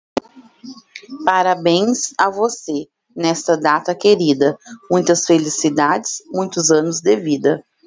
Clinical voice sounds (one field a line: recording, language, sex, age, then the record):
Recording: short text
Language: Brazilian Portuguese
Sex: female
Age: 30 to 39 years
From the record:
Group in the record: control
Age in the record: 36 years